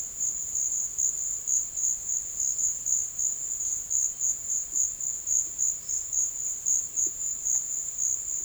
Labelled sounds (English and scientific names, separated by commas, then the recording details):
none
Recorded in secondary vegetation near Puerto Asís, Putumayo, Colombia, on 12 March 2025 at 14:00
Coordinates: 0.488, -76.319
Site G095